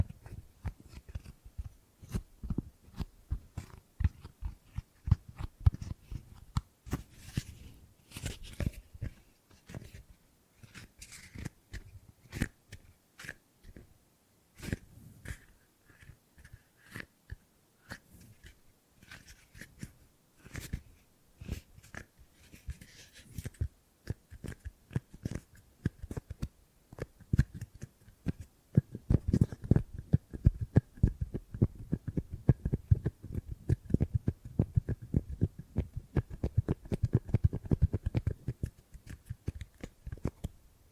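Gripping and grabbing sounds in dense, irregular clicks and rustles, low and thudding, busiest and loudest after thirty seconds, with faint brighter scrapes.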